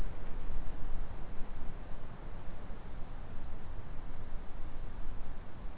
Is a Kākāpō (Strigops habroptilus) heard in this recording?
no